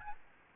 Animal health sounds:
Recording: mosquito wingbeat signal from an infrared sensor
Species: Aedes albopictus

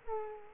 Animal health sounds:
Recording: mosquito wingbeat signal from an infrared sensor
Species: Culex quinquefasciatus

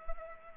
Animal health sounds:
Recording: mosquito wingbeat signal from an infrared sensor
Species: Culex pipiens

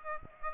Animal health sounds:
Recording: mosquito wingbeat signal from an infrared sensor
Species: Aedes aegypti

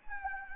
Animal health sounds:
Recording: mosquito wingbeat signal from an infrared sensor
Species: Anopheles gambiae

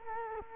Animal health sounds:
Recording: mosquito wingbeat signal from an infrared sensor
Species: Culex quinquefasciatus

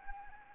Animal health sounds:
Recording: mosquito wingbeat signal from an infrared sensor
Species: Anopheles gambiae

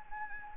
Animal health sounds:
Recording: mosquito wingbeat signal from an infrared sensor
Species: Anopheles gambiae

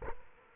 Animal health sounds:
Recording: mosquito wingbeat signal from an infrared sensor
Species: Culex quinquefasciatus

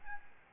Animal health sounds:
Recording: mosquito wingbeat signal from an infrared sensor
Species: Aedes albopictus

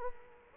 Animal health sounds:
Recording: mosquito wingbeat signal from an infrared sensor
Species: Culex quinquefasciatus

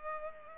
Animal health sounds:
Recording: mosquito wingbeat signal from an infrared sensor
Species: Culex pipiens

